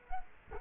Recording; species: mosquito wingbeat signal from an infrared sensor; Culex quinquefasciatus